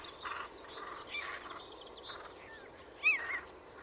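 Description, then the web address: Bird calls: faint, scattered short chirps and whistled notes over steady background hiss, with one louder whistle near the end. "cianscape birddata Deverinetal 2025 Bird Only"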